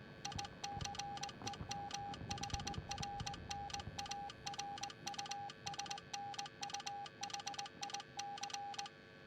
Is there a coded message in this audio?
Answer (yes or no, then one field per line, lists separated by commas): yes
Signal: Morse code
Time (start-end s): 0.3-8.9 s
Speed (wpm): 18 wpm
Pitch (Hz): 810 Hz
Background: none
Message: ICEMHRNARUSNUHIC